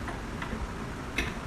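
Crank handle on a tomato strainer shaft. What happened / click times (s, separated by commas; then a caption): The metal handle sat into its groove on the shaft / 0.4 s, 1.2 s. A metal crank handle is fitted onto the shaft of a Weston metal tomato strainer and seats into its groove. Two light ticks are heard at about 0.4 s and 1.2 s.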